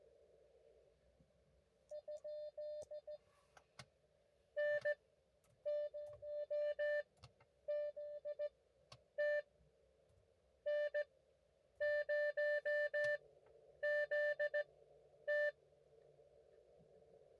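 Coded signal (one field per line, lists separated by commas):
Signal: Morse code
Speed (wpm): 15 wpm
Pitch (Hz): 590 Hz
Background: music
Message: ? NTW TIT N0ZT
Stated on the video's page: Multi-day, multi-park POTA activation run across five parks.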